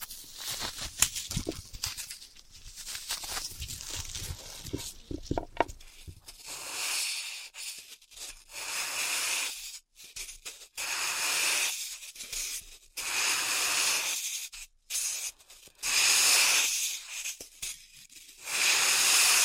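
Floral foam is handled, starting with a run of quick, thumpy taps and crunches in the first six seconds. After that come repeated bursts of bright, hissy scraping and crumbling, each lasting a second or two, separated by brief silences and ending in a longer rasping stretch.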